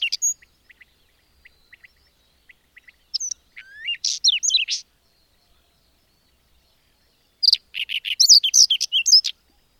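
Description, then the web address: Bird song: soft high ticks repeated irregularly, then a jumbled phrase of whistles and buzzy notes, a pause, and another rapid twittering burst. "madarak enek"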